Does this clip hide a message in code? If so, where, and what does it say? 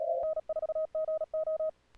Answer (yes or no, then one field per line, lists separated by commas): yes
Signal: Morse code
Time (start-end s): 0.2-1.7 s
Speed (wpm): 37 wpm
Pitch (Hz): 1260 Hz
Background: none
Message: N4GO